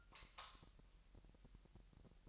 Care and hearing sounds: daily activity, microphone in the room; light off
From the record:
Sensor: 3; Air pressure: 1001.8 hPa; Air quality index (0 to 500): 247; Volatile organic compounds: 49 ppm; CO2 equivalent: 3276 ppm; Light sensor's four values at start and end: 12/33/13/12 and 6/13/5/5

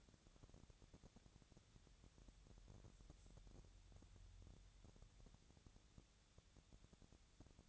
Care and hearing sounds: daily activity, microphone in the room; wipe stove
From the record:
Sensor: 3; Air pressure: 1000.5 hPa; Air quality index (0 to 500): 179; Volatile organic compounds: 4 ppm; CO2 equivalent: 1549 ppm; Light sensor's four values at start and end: 13/30/13/13 and 13/30/13/13

